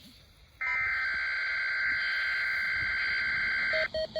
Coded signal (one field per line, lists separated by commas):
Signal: Emergency Alert System (SAME) tones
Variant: header bursts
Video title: RWT (EAS #40-#41)